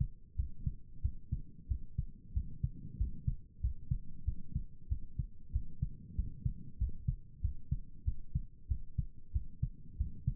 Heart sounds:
heart sounds by stethoscope; 94 bpm
0.35 s: heartbeat
1.01 s: heartbeat
1.67 s: heartbeat
2.33 s: heartbeat
2.97 s: heartbeat
3.60 s: heartbeat
4.24 s: heartbeat
4.88 s: heartbeat
5.51 s: heartbeat
6.15 s: heartbeat
6.77 s: heartbeat
7.41 s: heartbeat
8.04 s: heartbeat
8.67 s: heartbeat
9.32 s: heartbeat
9.97 s: heartbeat
From the record:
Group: healthy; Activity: rest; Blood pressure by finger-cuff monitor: 93/65 mmHg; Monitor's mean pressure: 75 mmHg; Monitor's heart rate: 94 bpm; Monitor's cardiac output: 7.5 L/min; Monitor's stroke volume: 81 mL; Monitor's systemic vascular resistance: 710 dyn s/cm5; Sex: male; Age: 19 years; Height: 178 cm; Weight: 83 kg

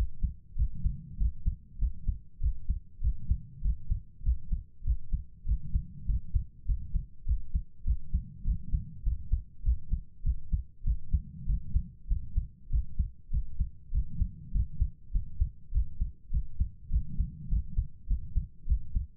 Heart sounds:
heart sounds by stethoscope; 99 bpm
0.54 s: heartbeat
1.16 s: heartbeat
1.77 s: heartbeat
2.39 s: heartbeat
2.99 s: heartbeat
3.60 s: heartbeat
4.22 s: heartbeat
4.82 s: heartbeat
5.44 s: heartbeat
6.04 s: heartbeat
6.64 s: heartbeat
7.24 s: heartbeat
7.83 s: heartbeat
8.43 s: heartbeat
9.02 s: heartbeat
9.61 s: heartbeat
10.22 s: heartbeat
10.82 s: heartbeat
11.45 s: heartbeat
12.06 s: heartbeat
12.68 s: heartbeat
13.29 s: heartbeat
13.90 s: heartbeat
14.50 s: heartbeat
15.10 s: heartbeat
15.70 s: heartbeat
16.29 s: heartbeat
16.88 s: heartbeat
17.47 s: heartbeat
18.06 s: heartbeat
18.65 s: heartbeat
From the record:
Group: healthy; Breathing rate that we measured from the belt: 22 breaths a minute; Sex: female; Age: 32 years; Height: 172 cm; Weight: 71.7 kg

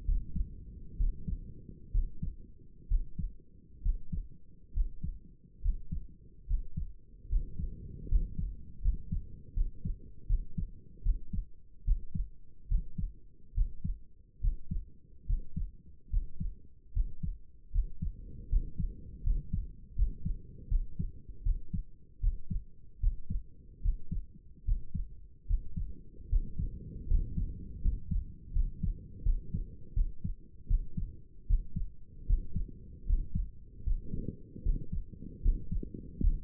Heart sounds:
heart sounds by stethoscope; 75 bpm
0.05 s: heartbeat
0.96 s: heartbeat
1.91 s: heartbeat
2.87 s: heartbeat
3.81 s: heartbeat
4.72 s: heartbeat
5.61 s: heartbeat
6.46 s: heartbeat
7.28 s: heartbeat
8.07 s: heartbeat
8.80 s: heartbeat
9.53 s: heartbeat
10.26 s: heartbeat
11.02 s: heartbeat
11.84 s: heartbeat
12.67 s: heartbeat
13.53 s: heartbeat
14.40 s: heartbeat
15.25 s: heartbeat
16.09 s: heartbeat
16.92 s: heartbeat
17.71 s: heartbeat
18.48 s: heartbeat
19.22 s: heartbeat
19.95 s: heartbeat
20.68 s: heartbeat
21.42 s: heartbeat
22.20 s: heartbeat
22.99 s: heartbeat
23.81 s: heartbeat
24.64 s: heartbeat
25.46 s: heartbeat
26.28 s: heartbeat
27.07 s: heartbeat
27.81 s: heartbeat
28.52 s: heartbeat
29.22 s: heartbeat
29.93 s: heartbeat
30.67 s: heartbeat
31.46 s: heartbeat
32.26 s: heartbeat
33.05 s: heartbeat
33.83 s: heartbeat
34.62 s: heartbeat
35.41 s: heartbeat
36.19 s: heartbeat
From the record:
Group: healthy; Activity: rest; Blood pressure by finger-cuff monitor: 114/74 mmHg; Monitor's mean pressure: 82 mmHg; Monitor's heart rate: 75 bpm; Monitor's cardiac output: 6 L/min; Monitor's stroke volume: 79 mL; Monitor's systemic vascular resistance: 990 dyn s/cm5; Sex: male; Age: 35 years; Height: 180 cm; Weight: 86.9 kg

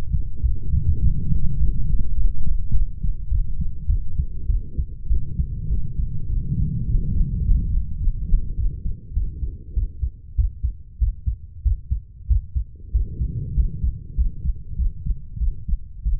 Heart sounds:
heart sounds by stethoscope; 100 bpm
0.42 s: heartbeat
1.01 s: heartbeat
1.59 s: heartbeat
2.16 s: heartbeat
2.73 s: heartbeat
3.30 s: heartbeat
3.88 s: heartbeat
4.47 s: heartbeat
5.09 s: heartbeat
5.69 s: heartbeat
6.28 s: heartbeat
6.86 s: heartbeat
7.43 s: heartbeat
7.99 s: heartbeat
8.56 s: heartbeat
9.14 s: heartbeat
9.75 s: heartbeat
10.36 s: heartbeat
10.99 s: heartbeat
11.63 s: heartbeat
12.28 s: heartbeat
12.92 s: heartbeat
13.55 s: heartbeat
14.16 s: heartbeat
14.76 s: heartbeat
15.38 s: heartbeat
16.04 s: heartbeat
From the record:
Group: healthy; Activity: light exercise 0-3 s, rest 3-16 s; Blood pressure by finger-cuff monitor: 136/48 mmHg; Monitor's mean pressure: 76 mmHg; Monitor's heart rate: 100 bpm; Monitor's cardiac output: 13.3 L/min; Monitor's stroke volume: 139 mL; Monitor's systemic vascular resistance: 410 dyn s/cm5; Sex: female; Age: 32 years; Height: 168 cm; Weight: 61.9 kg

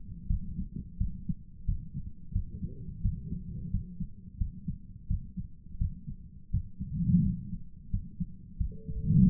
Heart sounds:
heart sounds by stethoscope; 87 bpm
0.27 s: heartbeat
0.97 s: heartbeat
1.65 s: heartbeat
2.32 s: heartbeat
3.01 s: heartbeat
3.70 s: heartbeat
4.37 s: heartbeat
5.07 s: heartbeat
5.77 s: heartbeat
6.50 s: heartbeat
7.22 s: heartbeat
7.90 s: heartbeat
8.57 s: heartbeat
9.25 s: heartbeat
From the record:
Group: healthy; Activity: rest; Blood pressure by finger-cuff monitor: 162/89 mmHg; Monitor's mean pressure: 105 mmHg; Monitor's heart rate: 86 bpm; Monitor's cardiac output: 8.2 L/min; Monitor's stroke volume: 96 mL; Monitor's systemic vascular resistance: 960 dyn s/cm5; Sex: male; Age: 57 years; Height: 188 cm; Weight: 106 kg

